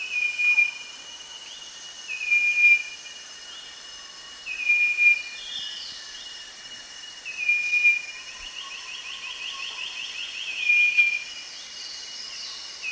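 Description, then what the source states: Striped wren-babbler repeating a single pure whistle, five notes at slightly uneven intervals. Recorded at Danum on 1 March 2008.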